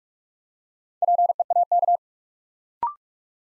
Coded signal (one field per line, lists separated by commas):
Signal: Morse code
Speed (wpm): 44 wpm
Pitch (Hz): 700 Hz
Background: none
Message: PEAK